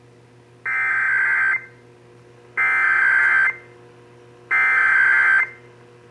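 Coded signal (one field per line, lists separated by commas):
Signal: Emergency Alert System (SAME) tones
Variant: header bursts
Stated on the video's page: Texas required monthly test as heard on broadcast stations.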